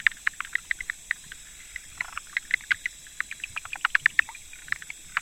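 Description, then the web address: Frogs calling together in quick, dry clicks and ticks, scattered unevenly throughout, with a constant high-pitched hiss behind. 25 October 2014. "frog rec 20141025"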